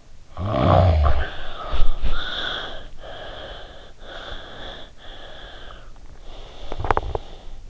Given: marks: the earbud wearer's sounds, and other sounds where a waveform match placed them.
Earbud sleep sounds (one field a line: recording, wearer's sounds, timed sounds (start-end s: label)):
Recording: sounds in sleep by an in-ear microphone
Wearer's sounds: snoring breath, body movement, breath, teeth grinding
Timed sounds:
0.34-2.80 s: snoring breath
1.15-2.53 s: body movement
2.88-5.03 s: breath
5.20-7.70 s: breath
6.69-7.24 s: teeth grinding